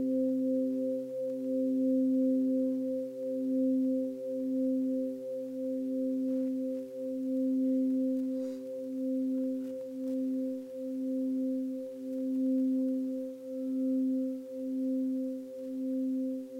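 A Tibetan singing bowl rings with a steady, pure low tone and a couple of higher overtones held throughout. The sound swells and pulses in a slow, regular wobble about every second. Faint soft clicks appear briefly around the middle.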